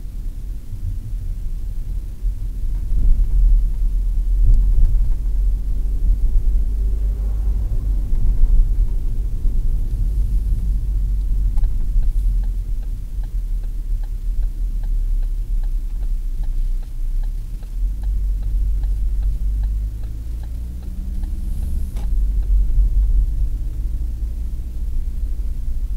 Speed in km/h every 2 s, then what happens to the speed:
28, 28, 30, 36, 36, 35, 28, 25, 20, 20, 29, 38, 43.
0-8 speeds up to 36. 8-16 slows to 20. 18-26 speeds up to 43.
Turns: 16-19.